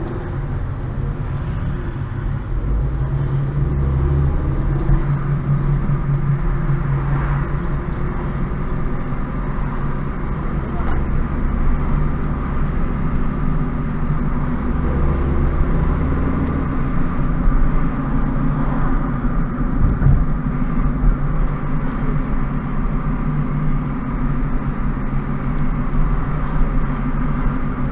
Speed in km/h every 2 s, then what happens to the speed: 18, 24, 31, 35, 37, 38, 40, 42, 46, 44, 42, 42, 42, 42.
0-16 speeds up to 46. 16-28 steady at about 42.